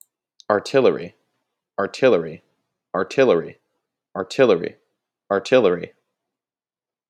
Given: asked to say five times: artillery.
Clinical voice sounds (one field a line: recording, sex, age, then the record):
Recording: repeated word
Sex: male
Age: 20 to 29 years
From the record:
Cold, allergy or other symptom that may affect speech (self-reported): no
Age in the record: 27 years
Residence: Illinois, United States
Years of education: 16